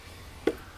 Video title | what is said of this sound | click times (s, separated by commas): Jeep Cherokee XJ alternator replacement | and then of course your your connector at the bottom just push until it clicks in | 0.5 s